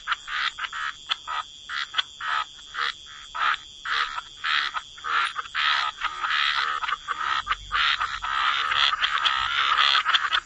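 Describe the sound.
Frog chorus of raspy croaks, separate bursts at first, then merging into a denser, steadier chorus toward the end.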